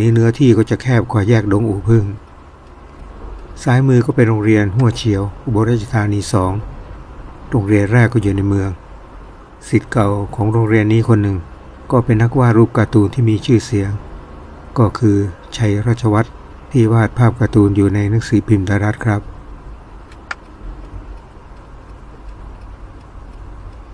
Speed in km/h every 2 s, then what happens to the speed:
33, 35, 35, 34, 32, 32, 34, 35, 33, 32, 32, 30.
0-14 steady at about 34.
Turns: none.